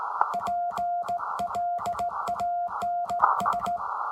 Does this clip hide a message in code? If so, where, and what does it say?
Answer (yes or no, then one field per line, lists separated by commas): yes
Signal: Morse code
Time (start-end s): 0.3-3.8 s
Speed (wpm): 16 wpm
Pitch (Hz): 700 Hz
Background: none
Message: PLANS